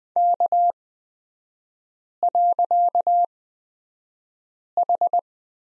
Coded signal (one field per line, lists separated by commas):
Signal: Morse code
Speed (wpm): 20 wpm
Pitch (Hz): 700 Hz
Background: none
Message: K.H